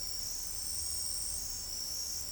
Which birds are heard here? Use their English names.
none